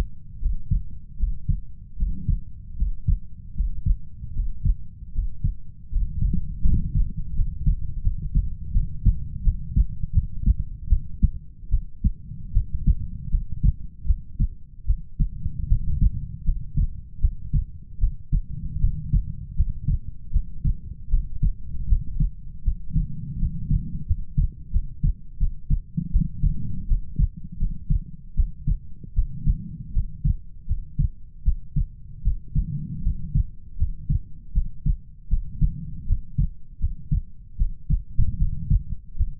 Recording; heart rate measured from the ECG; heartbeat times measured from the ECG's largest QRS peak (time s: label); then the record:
heart sounds by stethoscope; 79 bpm
0.40 s: heartbeat
1.17 s: heartbeat
1.96 s: heartbeat
2.76 s: heartbeat
3.54 s: heartbeat
4.33 s: heartbeat
5.12 s: heartbeat
5.90 s: heartbeat
6.64 s: heartbeat
7.34 s: heartbeat
8.01 s: heartbeat
8.71 s: heartbeat
9.42 s: heartbeat
10.12 s: heartbeat
10.88 s: heartbeat
11.69 s: heartbeat
12.52 s: heartbeat
13.29 s: heartbeat
14.05 s: heartbeat
14.85 s: heartbeat
15.67 s: heartbeat
16.44 s: heartbeat
17.19 s: heartbeat
17.99 s: heartbeat
18.79 s: heartbeat
19.55 s: heartbeat
20.31 s: heartbeat
21.09 s: heartbeat
21.87 s: heartbeat
22.63 s: heartbeat
23.38 s: heartbeat
24.05 s: heartbeat
24.71 s: heartbeat
25.38 s: heartbeat
26.11 s: heartbeat
26.86 s: heartbeat
27.57 s: heartbeat
28.34 s: heartbeat
29.13 s: heartbeat
29.92 s: heartbeat
30.66 s: heartbeat
31.43 s: heartbeat
32.22 s: heartbeat
33.02 s: heartbeat
33.77 s: heartbeat
34.52 s: heartbeat
35.28 s: heartbeat
36.05 s: heartbeat
36.79 s: heartbeat
37.56 s: heartbeat
38.37 s: heartbeat
39.15 s: heartbeat
From the record:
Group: healthy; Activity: Valsalva maneuver 0-9 s, rest 9-39 s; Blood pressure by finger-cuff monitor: 90/56 mmHg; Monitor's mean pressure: 69 mmHg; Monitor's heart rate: 79 bpm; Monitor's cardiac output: 6.8 L/min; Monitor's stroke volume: 85 mL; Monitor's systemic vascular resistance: 710 dyn s/cm5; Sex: female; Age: 19 years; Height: 163 cm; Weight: 48.9 kg